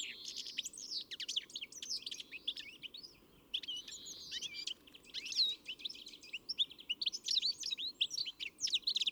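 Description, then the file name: European greenfinch giving rapid twittering chirps and trills, nearly continuous with a brief pause about a third of the way through, over a faint steady low hum. "Chloris chloris"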